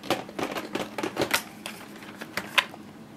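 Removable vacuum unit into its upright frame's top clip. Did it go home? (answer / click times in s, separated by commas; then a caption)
no / none. A removable cordless vacuum unit from a Vax Air Cordless Lift (Duo) U85-ACLG-B vacuum cleaner is handled against its upright frame, hooked onto the lug at the bottom and brought toward the top plastic clip. A series of plastic knocks, taps and rattles is heard, with sharper hits near 0.1, 1.3, 1.7, 2.4 and 2.6 seconds. Nothing has seated or clicked into place yet.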